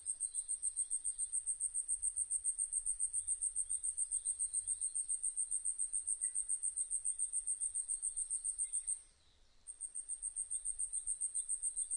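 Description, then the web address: Asian stubtail song: a long run of very high, thin pulsed notes, briefly stopping near the end and then restarting softly and swelling again. 26 April 2006. "2006 060426 yabusame"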